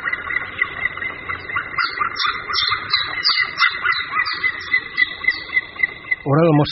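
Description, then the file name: White-tailed eagle yelps: a repeated series of high, downslurred notes over a continuous harmonic tone, ending in a sudden loud, lower cry. "Orel-mořský"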